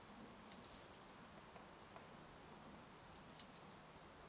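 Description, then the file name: European robin uttering rapid strings of five or six high, piercing tick notes, two bursts separated by a long silent gap. "Erithacus rubecula"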